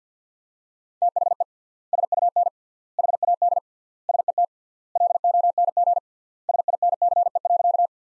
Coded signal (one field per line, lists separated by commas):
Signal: Morse code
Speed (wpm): 50 wpm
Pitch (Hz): 700 Hz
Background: none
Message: THE SUN HAD SET LONG SINCE.